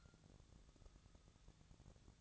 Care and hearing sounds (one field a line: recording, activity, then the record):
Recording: daily activity, microphone in the room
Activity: take from stove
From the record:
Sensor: 3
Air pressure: 999.2 hPa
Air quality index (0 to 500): 198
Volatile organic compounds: 45 ppm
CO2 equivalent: 3221 ppm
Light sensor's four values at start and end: 7/17/7/6 and 7/17/7/6